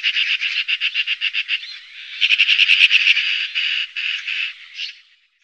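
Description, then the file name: Eurasian magpie chattering in a fast, harsh rattle of dry chak notes, with a brief pause and then a louder, denser burst. "Skata"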